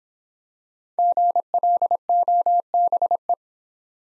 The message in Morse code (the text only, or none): GLOBE